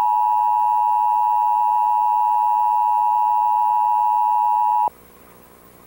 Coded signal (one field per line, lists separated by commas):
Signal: Emergency Alert System (SAME) tones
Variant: 853 and 960 Hz attention tone